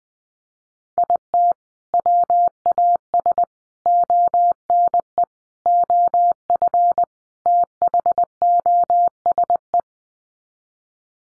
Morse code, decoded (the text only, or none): IT WAS ONE OF THOSE